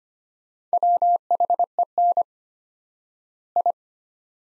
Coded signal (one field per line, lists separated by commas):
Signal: Morse code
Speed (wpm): 25 wpm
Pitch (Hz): 700 Hz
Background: none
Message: WHEN I